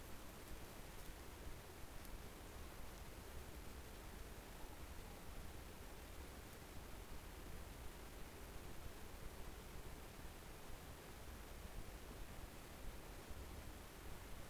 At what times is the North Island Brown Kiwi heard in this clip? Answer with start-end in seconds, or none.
none